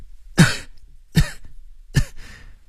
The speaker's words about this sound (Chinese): 轻轻地咳嗽两声，又顺便品一品喉咙里有没有血腥气味。